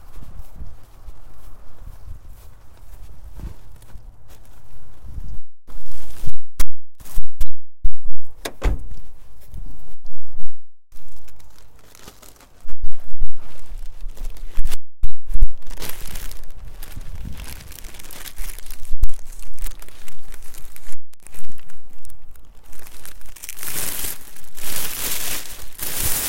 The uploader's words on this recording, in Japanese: 袋ガサ音 切り干し大根 干し台から回収。千切り大根が寒風にさらされ、カラカラに乾燥して切り干し大根の完成です！周りは冬枯れの畑。干し台から袋に回収します。